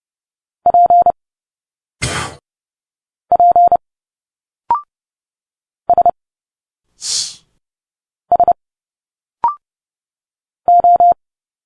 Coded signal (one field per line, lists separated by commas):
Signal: Morse code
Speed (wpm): 30 wpm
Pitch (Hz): 700 Hz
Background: none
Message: P P S S O